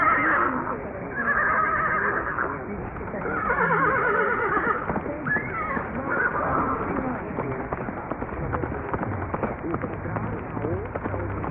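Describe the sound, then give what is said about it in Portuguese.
A horse in a corral lets out several loud, quavering whinnies, then a steady run of galloping hoofbeats pounds along in a quick, uneven rhythm, played on the Brazilian station Rádio Serra Negra. “Mas aqui no meu curral, o cavalo é o que não falta.”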